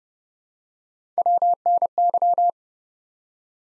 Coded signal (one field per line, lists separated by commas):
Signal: Morse code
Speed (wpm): 30 wpm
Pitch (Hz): 700 Hz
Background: none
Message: WNY